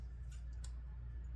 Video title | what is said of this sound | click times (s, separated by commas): Budget/Cheap Picatinny Rail Stock (AP5-P) | locks into place. | 0.6 s